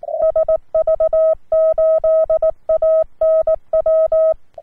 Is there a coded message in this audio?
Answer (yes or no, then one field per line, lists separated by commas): yes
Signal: Morse code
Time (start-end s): 0.2-4.3 s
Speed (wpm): 18 wpm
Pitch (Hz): 640 Hz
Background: none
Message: SV8ANW